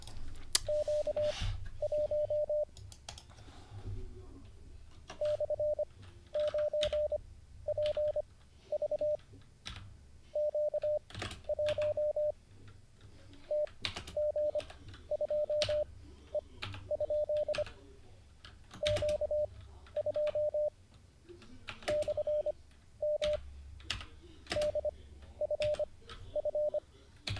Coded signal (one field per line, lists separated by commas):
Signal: Morse code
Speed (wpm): 25 wpm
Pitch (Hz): 600 Hz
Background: none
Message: Q1 /9PV Q1 TG2E? Q2 /M DFF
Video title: N0SSC Learns Morse Code (Day 49) [Livestream]